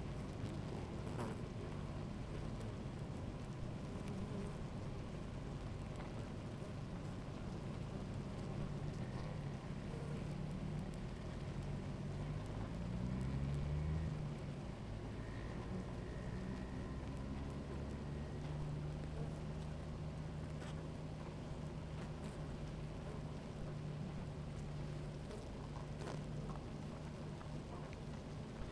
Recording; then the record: honeybee colony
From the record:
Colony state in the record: active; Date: 28 July 2017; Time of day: 16:45